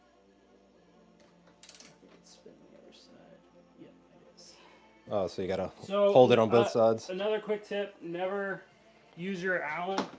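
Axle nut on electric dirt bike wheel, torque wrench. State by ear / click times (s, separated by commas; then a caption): torque reached / 1.6 s. A torque wrench set to 55–60 Nm tightens the axle nut on an electric dirt bike wheel, and it gives a short, sharp click at 1.6 s when it reaches the setting. Faint background music plays throughout, then someone talks loudly from about 5 seconds on.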